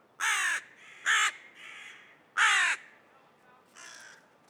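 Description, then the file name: Carrion crow calling with three loud, harsh caws at irregular intervals and softer, fainter caws between and after them. "Corvus corone"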